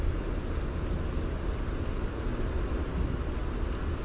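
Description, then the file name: Northern cardinal chipping: six bright, clipped high notes at roughly even intervals, with a thin continuous tone and broad low rumble underneath. "NOCA chip"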